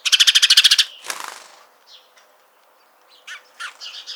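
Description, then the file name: House sparrow giving a short rapid rattle, then a rushing noise and a few scattered soft chirps. "Passer domesticus"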